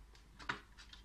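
A plastic hose is drawn backward out of a push-fit fitting on a Lifetech 11-stage water purifier while the brown collet ring is pulled back. Faint ticks are heard at 0.1 s and 0.9 s, and a sharp hit at 0.5 s marks the hose coming free. The hose is released and removed from the fitting.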